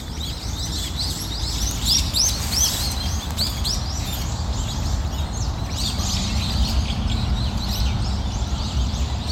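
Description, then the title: Small birds sing busy overlapping high chirps and trills against a steady loud rushing background noise. Recorded on a morning walk in a park; small birds singing. "公園の朝散歩より674鳥のこえ"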